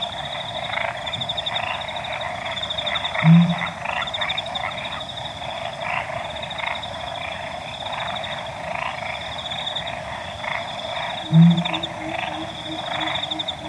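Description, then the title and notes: Pel's fishing owl calling, two very deep short hoots about eight seconds apart, over a dense chorus of frogs and high pulsed insect trills. Owl calling at 4:01 AM on 15 August 2015, Okavango Panhandle; the call woke the listener; very low-pitched call; recorded with Sound Devices 702 recorder and Sennheiser 418 stereo shotgun microphone. "Pel's Fishing Owl At Dawn. August 15 2015, 4:01 AM. Okavango Panhandle"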